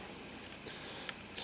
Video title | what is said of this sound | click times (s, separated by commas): Primus ETA PAKLITE Review 1 | and then they lock into place here and here | 1.1 s